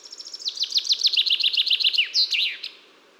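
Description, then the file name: Common chaffinch song: a quick run of high chips leads into a descending rattling trill and ends in a sharp flourish. "Fringilla coelebs"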